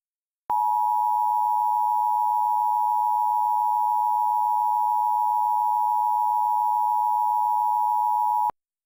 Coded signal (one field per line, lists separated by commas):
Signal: Emergency Alert System (SAME) tones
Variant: 853 and 960 Hz attention tone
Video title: EAS Filler: I'm Sorry... What?!